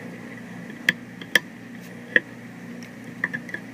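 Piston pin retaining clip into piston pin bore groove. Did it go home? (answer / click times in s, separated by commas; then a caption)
no / none. A piston pin retaining clip (circlip) is worked by tool into the piston pin bore groove of a motorcycle piston, giving sharp metallic ticks at about 0.9, 1.4, 2.2 and 3.2 seconds over a steady background hum. Nothing has seated or clicked yet; the clip has not popped into its groove by the end.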